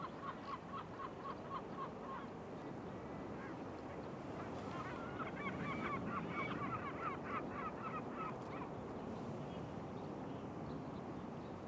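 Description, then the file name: Mongolian Gulls giving nasal, harmonic calls in quick, uneven series, several birds overlapping, busiest in the middle, over a steady low rumbling background. Several Mongolian Gulls calling at Shahe Reservoir, 14 March 2021, 09:44. "2021-03-14-0944-Mongolian-Gulls-calling-Shahe-Reservoir"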